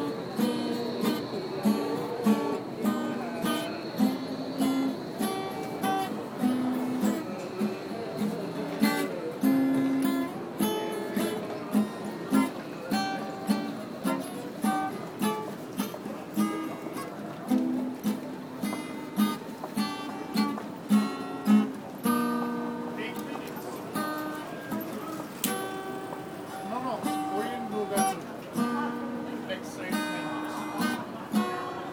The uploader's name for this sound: A really really terrible busker at S+U Alexanderplatz